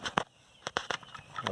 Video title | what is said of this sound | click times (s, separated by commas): Craftsman chainsaw carburetor replacement kit- belated fathers day surprise. C1M-W26 carburetor | heard it kind of clicked right back in and we just fasten down those four t25 screws again | 0.8 s